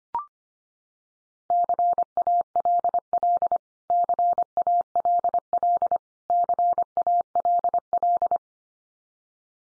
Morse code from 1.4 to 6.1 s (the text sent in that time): CALL CALL